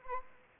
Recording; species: mosquito wingbeat signal from an infrared sensor; Anopheles arabiensis